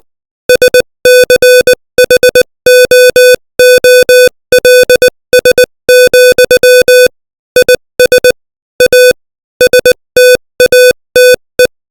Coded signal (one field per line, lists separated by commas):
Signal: Morse code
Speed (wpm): 20 wpm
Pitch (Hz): 500 Hz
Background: music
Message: SCHOOLS, IS A STATE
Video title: Morse Code 20 WPM : Samadhi